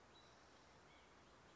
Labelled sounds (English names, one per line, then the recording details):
White-breasted Nuthatch
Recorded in Sonoma County, California